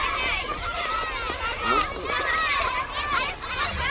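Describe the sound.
A crowd of children shouts and chatters at once as they run about a sports ground, their high-pitched voices overlapping in a steady, lively din with occasional louder squeals.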